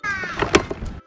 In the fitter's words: simply insert the mounting rails into the holes in the block until you hear an audible click